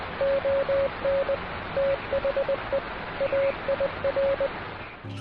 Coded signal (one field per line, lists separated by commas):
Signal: Morse code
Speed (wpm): 20 wpm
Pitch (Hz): 550 Hz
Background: radio noise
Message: ON THE AIR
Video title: This POTA Spot Was For the Birds (And I Loved It)